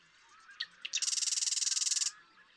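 Marsh Wren song: two or three introductory chips, then a fast mechanical rattle of evenly spaced dry pulses lasting about a second.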